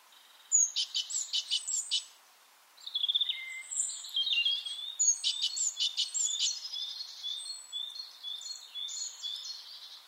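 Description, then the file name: Great tit calls, high chattering and thin whistled notes in dense bursts. "Parus major"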